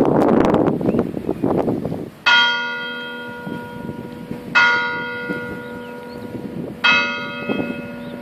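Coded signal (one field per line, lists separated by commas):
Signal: clock strike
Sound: outdoor noise, then three slow, evenly spaced deep bell strikes ringing out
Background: outdoor background noise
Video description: Alle 12:01 e 30 secondi, parte il segnale orario e poi la distesa della campana maggiore.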